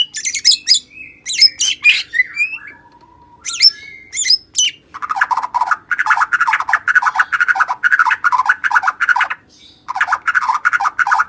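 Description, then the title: White-rumped shama song: varied whistled phrases and sharp notes, then a long run of rapid, buzzy, rattling notes with a brief pause near the end. "murai batu"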